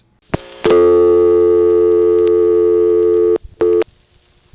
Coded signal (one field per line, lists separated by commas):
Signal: telephone call progress tone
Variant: North America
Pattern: dial tone